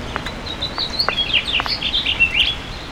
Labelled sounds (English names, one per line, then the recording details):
House Finch song
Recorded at Baldwin on Long Island, New York, on 28 May 2013
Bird G